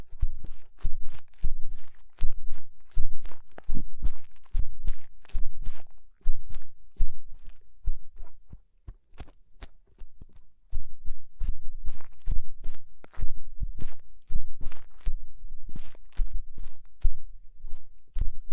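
Fingers work inside the ear, making a dense run of sharp scratchy crackles and soft thumps with a heavy low rumble underneath. The rubbing is fairly continuous, with a short near-silent pause around nine to eleven seconds before it resumes just as busily.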